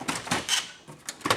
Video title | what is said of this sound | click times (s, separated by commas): 2000 - 2005 Chevrolet Impala Instrument Cluster Removal by Cluster Fix | so you'll see the whole thing come loose here now | 0.1 s, 1.1 s, 1.3 s